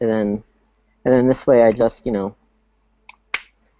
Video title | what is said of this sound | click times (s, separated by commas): The Big Mad Vape Show | it won't have that noise noise it locked into place yeah yeah yeah | 3.3 s